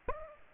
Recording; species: mosquito wingbeat signal from an infrared sensor; Aedes aegypti